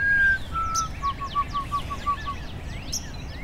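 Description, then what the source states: White-throated Sparrow song: a long clear whistle, a slightly lower second whistle, then a run of short even whistled notes, with other birds chirping faintly above. Heard during the dawn chorus around 6:20 am, pre-dawn, on a damp morning in a park in Etobicoke, west of Toronto.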